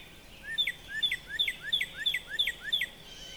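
Northern Cardinal song: a steady run of about seven loud, slurred whistled notes, repeated roughly every third of a second.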